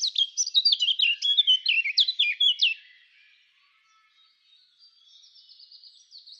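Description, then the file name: Eurasian blackcap song: a fast, scratchy warble of varied notes building to a few louder clear phrases, ending after about three seconds, then a faint, thin twittering. "Sylvia atricapilla"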